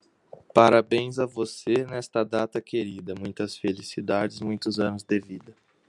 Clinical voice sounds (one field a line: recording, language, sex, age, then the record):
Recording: short text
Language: Brazilian Portuguese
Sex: male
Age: 18 to 19 years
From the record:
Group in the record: control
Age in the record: 18 years